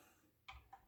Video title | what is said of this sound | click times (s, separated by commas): Crosley C3 Turntable... A Unique Looking Record Player You Should Avoid! | line those up click | 0.5 s